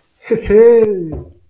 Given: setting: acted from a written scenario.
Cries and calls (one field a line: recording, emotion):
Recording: vocal sound without words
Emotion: amusement